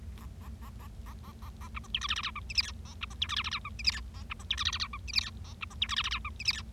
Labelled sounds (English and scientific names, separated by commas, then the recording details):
Bengalese Finch (Lonchura striata domestica) song
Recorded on 25 March 2012 at 14:24
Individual gy6or6